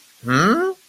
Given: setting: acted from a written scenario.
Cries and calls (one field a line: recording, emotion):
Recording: vocal sound without words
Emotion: confusion